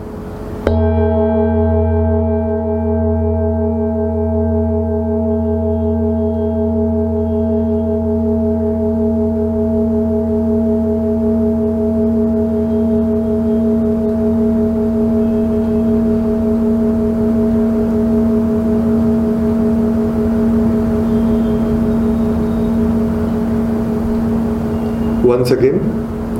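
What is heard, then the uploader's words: A singing bowl rings in a steady, sustained hum with a slow pulsing waver, starting near half a second and ending with a brief clatter. Gorakh Bowl : Singing Bowls for Spiritual Awakening, Meditation & Yoga.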